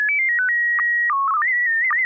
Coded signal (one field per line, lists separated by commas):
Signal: SSTV (slow-scan television)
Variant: PD 120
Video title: N6NA SSTV Net - 02/25/2026